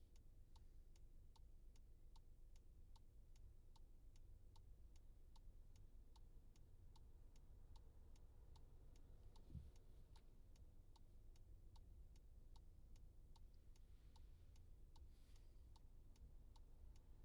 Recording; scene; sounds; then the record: everyday scene through a hearing-aid microphone; in a vehicle; engine idling, traffic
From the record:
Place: Skoda Fabia, gasoline engine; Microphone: in the ear canal, left